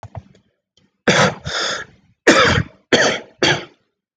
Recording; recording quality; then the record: shallow voluntary cough; excellent, no background noise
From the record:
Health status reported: COVID-19 positive, mild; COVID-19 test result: positive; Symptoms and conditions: cough, fatigue, muscle pain, loss of smell and taste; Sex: male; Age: 27 years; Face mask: not worn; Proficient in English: yes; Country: India